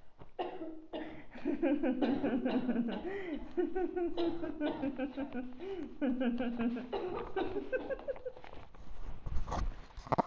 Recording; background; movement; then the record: laughter; a bystander coughing; sitting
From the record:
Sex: female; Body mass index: 36.4 kg/m2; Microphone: on the chest, facing outward